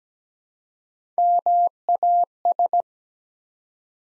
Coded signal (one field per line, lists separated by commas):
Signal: Morse code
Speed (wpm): 17 wpm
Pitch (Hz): 700 Hz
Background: none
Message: MAS